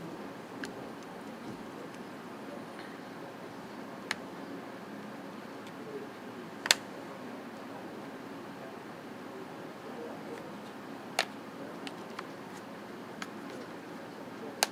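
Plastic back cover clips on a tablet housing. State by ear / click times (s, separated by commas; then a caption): released / 0.6 s, 4.1 s, 6.7 s, 11.2 s, 14.6 s. A pry tool works around the edge of a Kindle tablet's plastic back cover, releasing the plastic clips of the housing. Sharp clicks sound at 0.6, 4.1, 6.7, 6.7, 11.2 and 14.6 seconds over a steady low hum as the back cover clips come apart.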